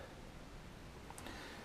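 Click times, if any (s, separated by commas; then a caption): 1.1 s, 1.2 s. The interior hallway door of a 1987 Airstream Classic 345 vintage motorhome is swung closed and locks into its catch, giving shower privacy from the rest of the coach. Over a steady low background, a short double click sounds at 1.1 s and 1.2 s as the door latches in place.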